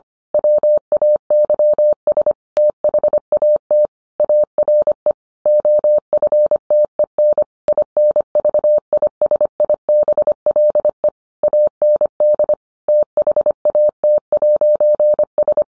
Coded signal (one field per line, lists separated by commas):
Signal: Morse code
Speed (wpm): 25 wpm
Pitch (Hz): 600 Hz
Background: none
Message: WAYS THAT ARE OFTEN INVISIBLE AND THAT'S